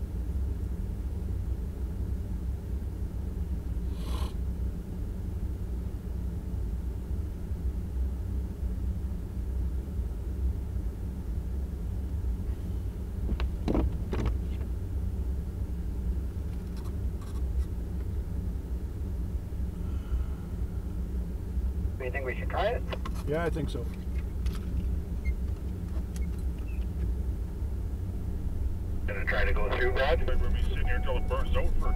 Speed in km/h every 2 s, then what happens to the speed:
0, 0, 0, 0, 0, 0, 0, 0, 0, 0, 0, 0, 0, 2, 9, 14.
0-26 standing. 26-32 pulls away to 14.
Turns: none.